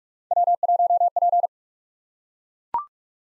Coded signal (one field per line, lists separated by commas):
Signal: Morse code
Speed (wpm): 44 wpm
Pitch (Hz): 700 Hz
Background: none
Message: W1P